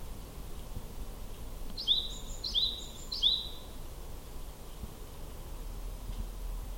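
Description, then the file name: Japanese tit song: a phrase of three repeated two-note units, each a high sweeping note with a lower tail, over steady low background noise. Recorded at Akasaka on 2 April 2022 at 07:47. "sijuukara 20220402 akasaka 0747"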